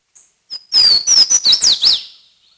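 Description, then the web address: Swainson's Warbler song: a short burst of loud, ringing, slurred whistles, descending and dropping in quick succession, preceded by a faint high note. "Peterson North American Birds"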